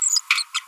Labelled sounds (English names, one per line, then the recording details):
Green-rumped Parrotlet babbling
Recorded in a nest box in Venezuela
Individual 18B25A3